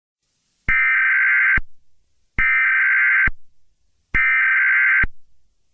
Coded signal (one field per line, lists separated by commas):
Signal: Emergency Alert System (SAME) tones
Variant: header bursts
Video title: EAS Mock: Eros